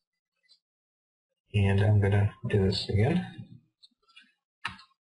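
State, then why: Seated. On an Acer Aspire One netbook, the LCD video cable connector is pushed into the LCD panel socket again at a good angle on a second attempt while someone talks. A few faint ticks follow, then a clear, sharp click at 4.7 s as the connector seats in place.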